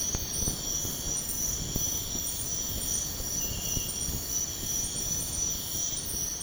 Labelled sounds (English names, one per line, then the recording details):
none
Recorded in pastures near Puerto Asís, Putumayo, Colombia, on 22 June 2025 at 04:00
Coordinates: 0.496, -76.326
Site GP01